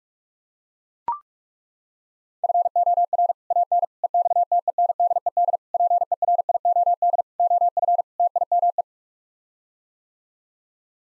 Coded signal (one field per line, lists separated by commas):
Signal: Morse code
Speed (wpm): 42 wpm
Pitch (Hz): 700 Hz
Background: none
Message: FOR AN EXTENDED PERIOD OF TIME